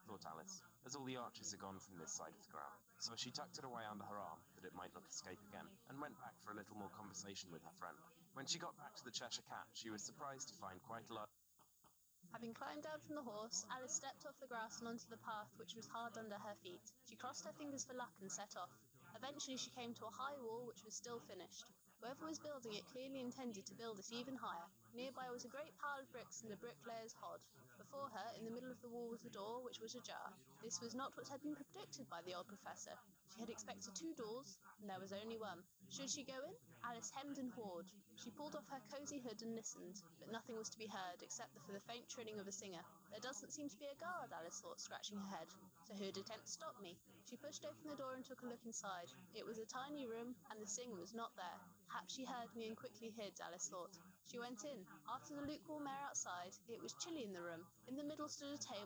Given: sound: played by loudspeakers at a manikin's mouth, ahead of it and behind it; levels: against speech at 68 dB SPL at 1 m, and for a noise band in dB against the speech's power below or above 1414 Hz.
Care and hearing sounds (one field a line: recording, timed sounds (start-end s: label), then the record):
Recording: test signals for a remote microphone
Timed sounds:
0.00-11.24 s: man speaking, babble ahead at +6 dB SNR for speech at 1 m
11.62 s: click
11.87 s: click
12.24-58.85 s: woman speaking, babble ahead at +6 dB SNR for speech at 1 m
From the record:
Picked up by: remote receiver E, fed by microphone B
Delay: 43 ms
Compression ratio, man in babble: 2.17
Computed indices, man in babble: HASPI 1.000, HASQI 0.272 (non-linear 0.310, linear 0.875), ESTOI 0.631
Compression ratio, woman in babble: 1.93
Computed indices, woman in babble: HASPI 0.967, HASQI 0.321 (non-linear 0.358, linear 0.894), ESTOI 0.706